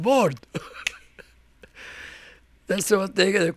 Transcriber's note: he laughs